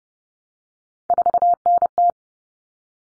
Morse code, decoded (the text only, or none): 4NT